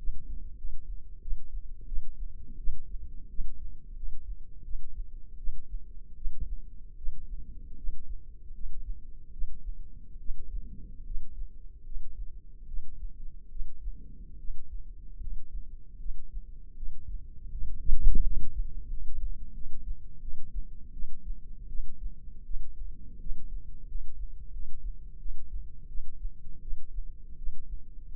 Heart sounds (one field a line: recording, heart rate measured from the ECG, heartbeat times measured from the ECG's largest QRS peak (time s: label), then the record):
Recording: heart sounds by microphone in the left ear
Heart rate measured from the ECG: 81 bpm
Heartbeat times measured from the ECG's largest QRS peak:
0.57 s: heartbeat
1.21 s: heartbeat
1.86 s: heartbeat
2.57 s: heartbeat
3.29 s: heartbeat
3.96 s: heartbeat
4.63 s: heartbeat
5.37 s: heartbeat
6.15 s: heartbeat
6.96 s: heartbeat
7.76 s: heartbeat
8.53 s: heartbeat
9.31 s: heartbeat
10.18 s: heartbeat
11.04 s: heartbeat
11.84 s: heartbeat
12.66 s: heartbeat
13.49 s: heartbeat
14.37 s: heartbeat
15.19 s: heartbeat
15.98 s: heartbeat
16.75 s: heartbeat
17.50 s: heartbeat
18.22 s: heartbeat
18.89 s: heartbeat
19.53 s: heartbeat
20.20 s: heartbeat
20.92 s: heartbeat
21.67 s: heartbeat
22.43 s: heartbeat
23.19 s: heartbeat
23.87 s: heartbeat
24.51 s: heartbeat
25.18 s: heartbeat
25.87 s: heartbeat
26.60 s: heartbeat
27.36 s: heartbeat
28.07 s: heartbeat
From the record:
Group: healthy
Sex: female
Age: 19 years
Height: 163 cm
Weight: 51 kg